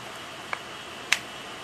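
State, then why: Seated. A BK11 "Becker Necker" fixed-blade knife is pushed all the way into its plastic sheath, until a notch on the knife catches a bump inside the sheath. A faint tick comes at 0.5 s, then a sharp, bright click at 1.1 s as the knife snaps fully into the sheath and is seated.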